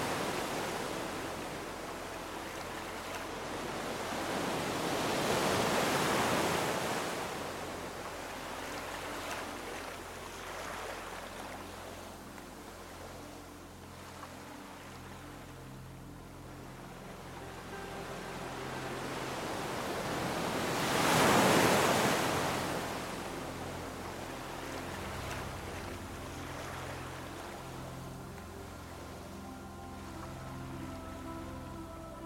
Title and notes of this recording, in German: Beruhigende WELLEN und Fesselnde MUSIK. Rhythmus beruhigender Wellen, die sanft die Küsten streicheln